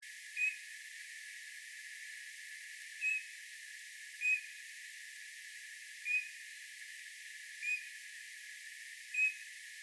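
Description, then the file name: Eurasian bullfinch giving soft, brief piping notes, single and spaced one to three seconds apart, over a steady background hiss. "Pyrrhula pyrrhula"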